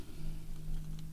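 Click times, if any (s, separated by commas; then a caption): none. The plastic battery compartment door of a RODE VideoMic on-camera shotgun microphone is handled while being closed after the battery goes in, with a steady low hum and faint rustling. Brief small ticks sound at 1.0 s and 1.1 s. The door has not clicked shut yet.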